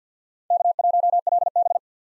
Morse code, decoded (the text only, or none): K1LB